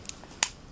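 A metal headphone fold hinge is folded and snaps into its detent at 0.4 seconds with one sharp, bright click, preceded by a fainter tick near 0.1 seconds. The hinge seats in its folded position with a satisfying click.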